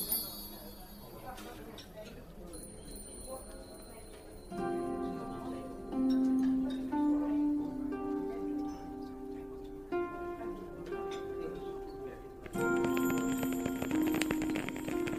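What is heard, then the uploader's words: A fantasy fairy cafe ambience: a low murmur of chatter runs throughout beneath soft, chiming bell-like tones that ring in sustained notes. Small ticking clicks and tinkles sparkle on top, and the texture swells fuller around the middle and again near the end. Fantasy fairy cafe asmr ambience.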